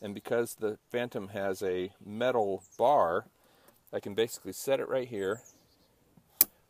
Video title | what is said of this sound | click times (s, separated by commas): DIY Case for DJI Phantom | lean it down and it clicks right into place and then this thing doesn't really move | 6.4 s